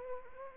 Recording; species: mosquito wingbeat signal from an infrared sensor; Anopheles arabiensis